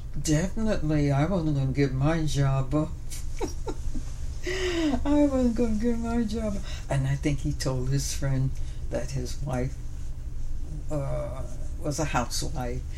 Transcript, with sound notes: Definitely I wasn't going to give my job up. (laughs) I wasn't going to give my job. I think he told his friends that his wife was a housewife.